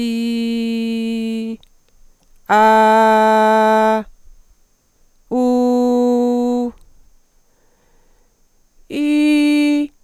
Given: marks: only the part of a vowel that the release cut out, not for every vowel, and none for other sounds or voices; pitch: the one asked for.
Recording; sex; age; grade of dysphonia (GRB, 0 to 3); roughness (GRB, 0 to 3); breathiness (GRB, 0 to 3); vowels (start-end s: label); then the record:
sustained vowels; female; 40 to 49 years; 1; 1; 0
0.00-1.39 s: vowel /i/, normal pitch
2.58-3.85 s: vowel /a/, normal pitch
5.38-6.58 s: vowel /u/, normal pitch
8.98-9.78 s: vowel /i/, high pitch
From the record:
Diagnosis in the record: recurrent laryngeal nerve paralysis, Reinke's edema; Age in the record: 45 years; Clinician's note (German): Links mit Kompensation; Reinke-Ödem beidseitig, relativ ausgeprägt